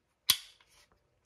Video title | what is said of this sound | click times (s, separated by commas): How To Change Blades On An Oscillating Multi Tool | make sure it locks into place | 0.3 s